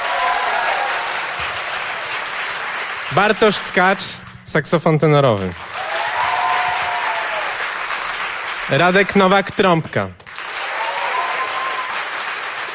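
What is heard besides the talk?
audience applause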